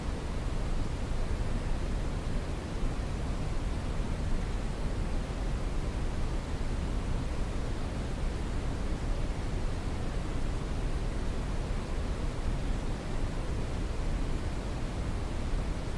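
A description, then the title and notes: Deep brown noise runs without change for the full sixteen seconds, a dense, even rumble weighted heavily toward the low end. The top is muffled and soft, and the loudness holds level throughout, with no events or background sounds breaking it. SUPER DEEP BROWN NOISE. NO MUSIC.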